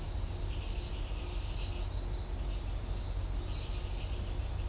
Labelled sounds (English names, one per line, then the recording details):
none
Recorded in shrubland near Pivijay, Magdalena, Colombia, on 1 June 2023 at 03:30
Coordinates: 10.453, -74.365
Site P5-G022